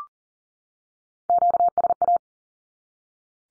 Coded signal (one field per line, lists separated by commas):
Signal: Morse code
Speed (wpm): 40 wpm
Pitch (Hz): 700 Hz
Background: none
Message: QSA